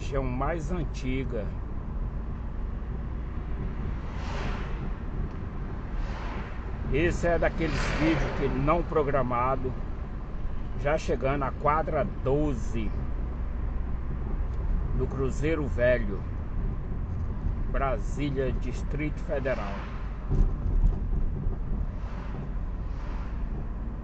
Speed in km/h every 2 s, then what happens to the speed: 33, 34, 31, 33, 32, 32, 35, 33, 31, 29, 31, 36.
0-19 steady at about 32. 19-24 speeds up to 36.